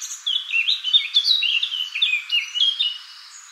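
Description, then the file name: Eurasian blackcap song: a sustained run of clear, fluty warbled notes sliding up and down, with no pause for over two seconds. "Sylvia atricapilla"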